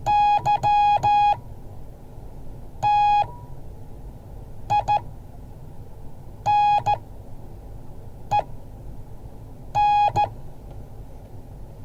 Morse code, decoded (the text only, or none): YTINEN